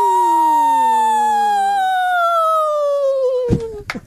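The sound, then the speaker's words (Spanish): Two girls howl together as a duet in long, sustained wolf-like cries that slowly slide downward in pitch. One lower voice stops partway through, and the howl ends with a couple of short, sharp bursts of noise. “Recuperando el poderío del aullido aquí en Los Salvajes.”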